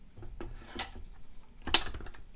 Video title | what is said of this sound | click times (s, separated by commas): GVM ST300R Double Sided COB RGB/CCT (chapter indexed) | there you go hear that click when you hear that click the balance not going anywhere | 1.7 s